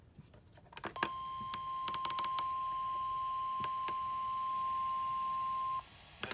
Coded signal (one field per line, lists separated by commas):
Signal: Emergency Alert System (SAME) tones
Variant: 1050 Hz attention tone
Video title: [EAS #87] Severe Thunderstorm Warning (WXM60)